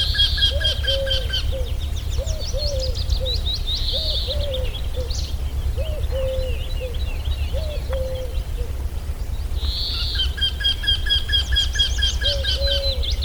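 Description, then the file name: Eurasian wryneck repeating fast nasal note series at the start and again near the end, among repeated low cooing and scattered chirps from other birds, with steady low rumble. "Torcicollo"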